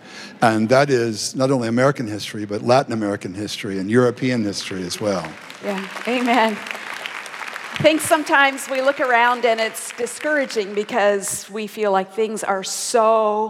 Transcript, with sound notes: And that is not only American history, but Latin American history, and European history as well. (applause.)
Yes. Amen. I think sometimes we look around, and it’s discouraging because we feel like things are so